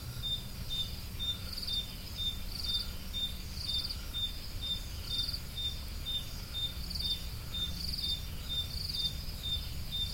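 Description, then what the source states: Cricket chorus of steady, evenly spaced high chirps roughly twice per second, joined by a second pulsing trill every second or so, low background rumble. Crickets, more than one, recorded at Roodekopjes.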